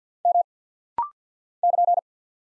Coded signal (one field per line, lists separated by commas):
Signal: Morse code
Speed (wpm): 48 wpm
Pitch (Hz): 700 Hz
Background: none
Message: M <KN>